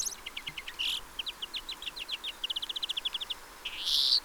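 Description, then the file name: Greenfinch twittering in a steady run of clipped notes that speed up into a trill, with short buzzy wheezes near the start and end. "Chloris chloris"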